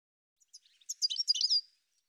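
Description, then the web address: Bird call, a short sequence of high chirps building into a quick, dense twitter. "cianscape birddata"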